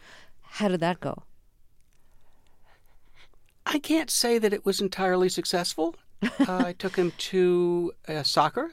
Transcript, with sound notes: How did that go?
I can't say that it was entirely successful.
(LAUGHTER)
I took him to soccer.